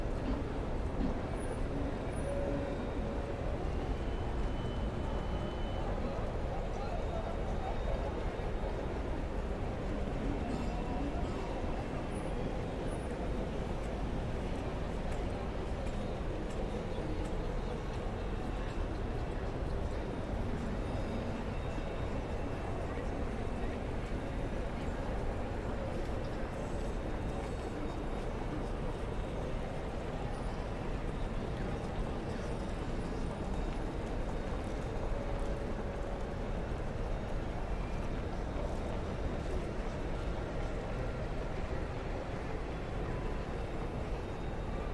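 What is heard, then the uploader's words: A steady wash of crowd and traffic sound fills the City Hall of The Hague, dense murmuring voices blending with a low rumble throughout. Faint brief tones and clinks surface now and then, but the level stays even from start to finish. City Hall of The Hague, Netherlands. Central to its modernist style is a vast atrium, several stories high.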